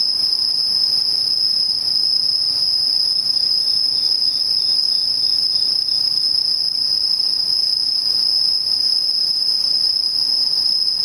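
Insects chirr in a constant, very high, dense trill around five kilohertz, with a fainter higher band and soft low rumble beneath.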